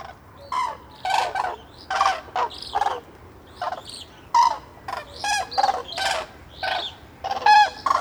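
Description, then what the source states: Common cranes give loud trumpeting calls in repeated bursts, with brief quieter gaps between the blasts. Flock waking at a winter roost on a lake in Marne, France, 6 January 2019, heard from a dyke; whistles of juveniles accompanying parents; recorded with Zaxcom Nomad and two MKH 8040 microphones.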